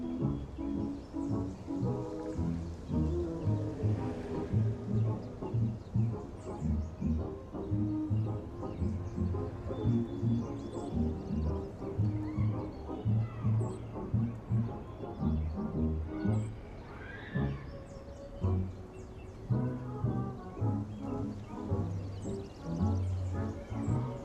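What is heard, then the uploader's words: Oldies music plays from another room, muffled and steady, with a thumping bass line and a regular beat running the whole time. Sung or horn-like melody notes rise and fall above it, with a brief swooping high note near the seventeen-second mark. Summer oldies playing in another room.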